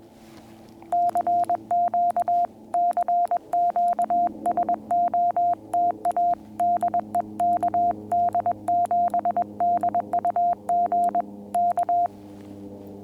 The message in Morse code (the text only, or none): CQ CQ SOTA DE KD7DUG K